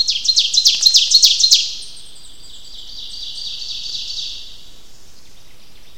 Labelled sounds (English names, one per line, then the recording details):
Ovenbird song
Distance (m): 45 m
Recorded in boreal forest in Alberta, Canada, on 29 May 2016 at 08:53
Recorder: SongMeter 3, array SBT-3-49
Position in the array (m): 47 m, 179 m
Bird 15